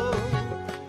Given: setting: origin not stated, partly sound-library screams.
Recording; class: one-second piece from a danger detection set; normal situation